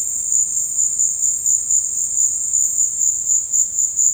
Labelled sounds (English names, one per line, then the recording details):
none
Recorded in dense forest near Puerto Asís, Putumayo, Colombia, on 18 February 2024 at 15:30
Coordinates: 0.472, -76.329
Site G6394